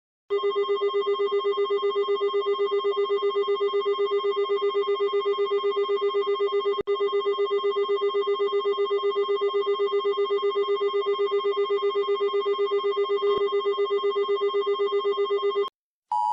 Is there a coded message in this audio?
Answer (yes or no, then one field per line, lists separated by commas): no